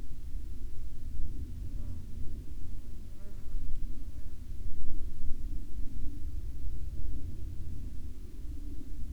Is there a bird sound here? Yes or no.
no